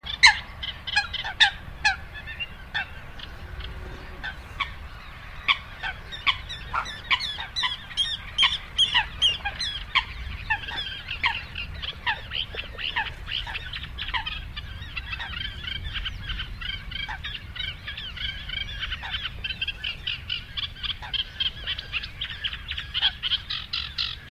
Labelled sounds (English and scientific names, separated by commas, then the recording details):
Eurasian Coot (Fulica atra) call, Eurasian Reed Warbler (Acrocephalus scirpaceus)
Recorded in the wild
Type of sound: call
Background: Acrocephalus scirpaceus
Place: Kützerhof, Kummerower See, Mecklenburg-Vorpommern, DE
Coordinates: 53.8531, 12.8686
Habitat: wetland
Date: 2010-06-10
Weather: 15°C, almost no wind
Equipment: Sound Devices 702, Sennheiser MKH 70, Rycote Windschutz
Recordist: Frommolt, Karl-Heinz
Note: Polder Große Rosin entlang der Straße von Kützerhof nach Aalbude: Rufe von adulten und juvenilen Blessrallen. Entfernung 10 m